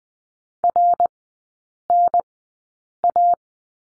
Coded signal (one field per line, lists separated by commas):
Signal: Morse code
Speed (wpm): 20 wpm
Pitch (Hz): 700 Hz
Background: none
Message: RNA